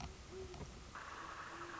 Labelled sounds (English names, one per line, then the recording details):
Great Horned Owl
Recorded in Sonoma County, California